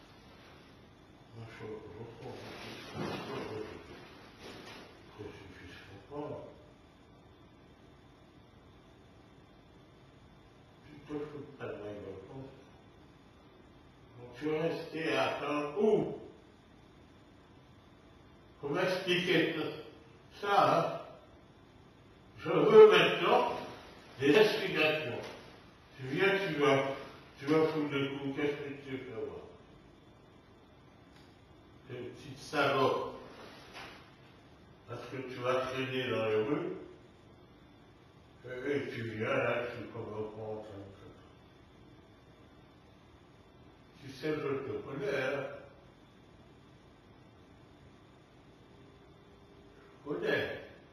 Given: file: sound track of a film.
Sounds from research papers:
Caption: Video of the patient with RBD who semantically rehearse part of the learned text.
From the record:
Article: Sleep-Related Declarative Memory Consolidation and Verbal Replay during Sleep Talking in Patients with REM Sleep Behavior Disorder

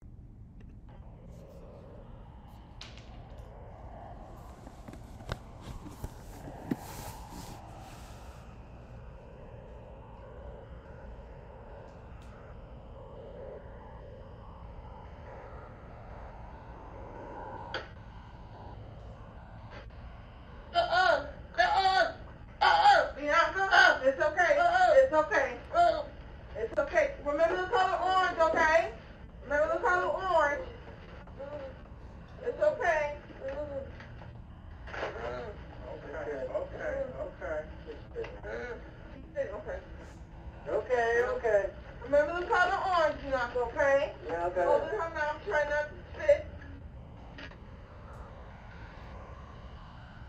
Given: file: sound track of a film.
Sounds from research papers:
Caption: All the clinical seizures were stereotyped and were characterized by verbal sounds and hypersalivation, followed by ictal spitting and coughing, 14 s from onset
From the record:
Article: Electro-clinical correlation of rinch and peri-ictal vegetative symptoms

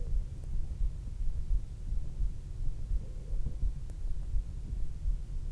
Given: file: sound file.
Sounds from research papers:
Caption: Audio file of post-treatment ear canal signal from the no.7 VPT patient.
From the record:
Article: Pre-Treatment Objective Diagnosis and Post-Treatment Outcome Evaluation in Patients with Vascular Pulsatile Tinnitus Using Transcanal Recording and Spectro-Temporal Analysis

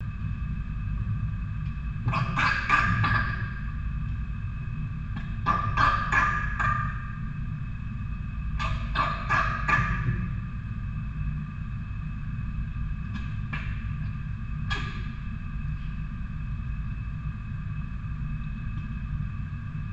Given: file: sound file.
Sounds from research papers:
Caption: Cough record of a rhesus macaques after aerosol challenge.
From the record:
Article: Infant rhesus macaques as a non-human primate model of Bordetella pertussis infection

